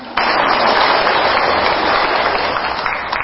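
A crowd of Buddhist lay followers bursts into steady, dense applause that starts abruptly and holds at a loud level throughout, a continuous crackle of many hands clapping with no voices on top.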